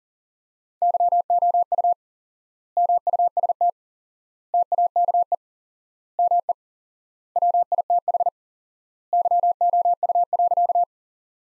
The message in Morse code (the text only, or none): YOU MUST TAKE ME WITH YOU.